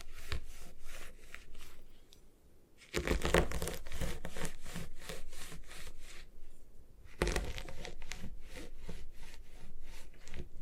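Gym chalk is being crushed and ground in a repeated rubbing, scraping rhythm, with quick gritty strokes arriving several times a second. The action pauses briefly around two to three seconds, then resumes harder and louder, with a sharp burst near seven seconds.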